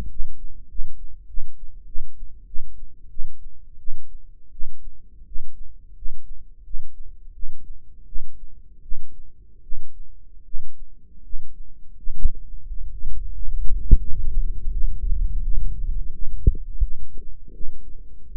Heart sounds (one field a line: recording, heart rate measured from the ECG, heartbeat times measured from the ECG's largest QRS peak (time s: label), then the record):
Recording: heart sounds by microphone in the right ear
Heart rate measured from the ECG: 86 bpm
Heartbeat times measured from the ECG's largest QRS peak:
0.10 s: heartbeat
0.69 s: heartbeat
1.28 s: heartbeat
1.86 s: heartbeat
2.47 s: heartbeat
3.10 s: heartbeat
3.79 s: heartbeat
4.52 s: heartbeat
5.26 s: heartbeat
5.95 s: heartbeat
6.64 s: heartbeat
7.33 s: heartbeat
8.06 s: heartbeat
8.82 s: heartbeat
9.63 s: heartbeat
10.45 s: heartbeat
11.23 s: heartbeat
11.96 s: heartbeat
12.65 s: heartbeat
13.32 s: heartbeat
13.98 s: heartbeat
14.71 s: heartbeat
15.42 s: heartbeat
16.12 s: heartbeat
16.81 s: heartbeat
17.53 s: heartbeat
18.27 s: heartbeat
From the record:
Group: healthy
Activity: rest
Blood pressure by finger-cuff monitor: 113/59 mmHg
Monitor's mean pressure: 75 mmHg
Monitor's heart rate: 87 bpm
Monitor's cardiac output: 9.4 L/min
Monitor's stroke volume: 104 mL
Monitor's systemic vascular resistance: 580 dyn s/cm5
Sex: male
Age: 35 years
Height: 180 cm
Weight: 86.9 kg